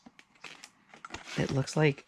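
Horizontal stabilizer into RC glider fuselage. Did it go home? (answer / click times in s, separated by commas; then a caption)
no / none. A plastic/foam horizontal stabilizer is slid into its channel in the fuselage of an Arrows SZD 54 2m RC glider, with a few faint ticks and rustles of handling while someone talks. No audible click is heard, and the stabilizer has not clicked into place.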